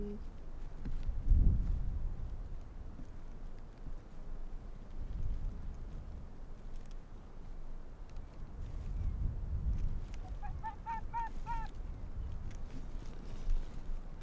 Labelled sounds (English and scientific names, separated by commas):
Arctic Fox (Vulpes lagopus)